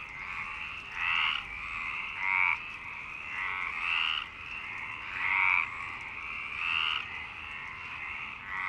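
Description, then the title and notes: Frogs give grating pulsed calls in repeated bursts over a continuous chorus background. Frogs in Parc Longchamp, Marseille, Provence-Alpes-Côte d'Azur, France, 26 March 2011, 19:35; recorded with a MixPre-6 and Basic Ucho. "Marseille, Provence-Alpes-Côte d'Azur, France - 26_03_11_19_35 Longchamps_004 grenouilles. Grenouilles au parc de Longchamp"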